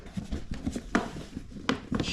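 After an oil change, the plastic side cover of a Maxpeedingrods MXR4000 inverter generator is pressed back onto the generator housing, with quiet rubbing and handling noises throughout. Two sharp clicks at 0.9 s and 1.7 s mark the cover snapping into place, followed by a few softer taps. The cover is seated.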